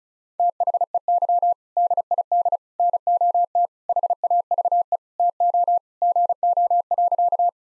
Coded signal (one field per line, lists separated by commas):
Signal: Morse code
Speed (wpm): 36 wpm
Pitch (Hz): 700 Hz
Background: none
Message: THEY DID NOT HAVE TO GO.